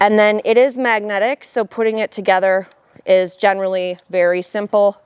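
A woman talks while handling the magnetic harness buckle on a 2025 Nuna MIXX NEXT stroller, bringing the buckle tongue toward the buckle housing. Nothing has seated or clicked yet.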